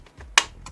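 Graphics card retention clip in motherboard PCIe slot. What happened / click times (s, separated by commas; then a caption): The plastic slot retention clip snapped locked / 0.4 s. A graphics card sits in a motherboard PCIe slot, and its plastic retention clip is locked by hand because an anti-sag bracket presses on the back of the card and keeps the clip from snapping by itself. A sharp, bright click at 0.4 s marks the clip locking, with faint ticks around 0.2 s and 0.7 s. The card is fully seated.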